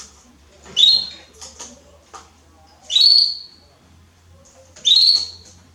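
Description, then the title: Belgian canary calls: single sharp upslurred notes, one roughly every two seconds, with soft low hum between them. Male Belgian canary singing a lot, to warm up young and Belgian canaries within 30 minutes. "Esquente Seu Filhote E Canario Belga Em 30 Minutos Macho Cantando Muito. Esquente seu canrio belga em 30 minutos - Canrio Belga estourado"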